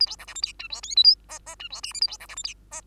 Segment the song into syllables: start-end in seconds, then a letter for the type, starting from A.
0.00-0.06 A, 0.06-0.16 B, 0.18-0.26 C, 0.27-0.34 D, 0.35-0.42 E, 0.42-0.52 F, 0.59-0.68 G, 0.70-0.81 H, 0.83-0.95 I, 0.96-1.03 J, 1.03-1.16 K, 1.28-1.39 L, 1.46-1.55 L, 1.59-1.69 G, 1.70-1.81 H, 1.83-1.93 M, 1.93-2.01 N, 2.01-2.07 A, 2.07-2.18 B, 2.20-2.27 C, 2.28-2.35 D, 2.36-2.43 E, 2.44-2.54 F, 2.71-2.81 L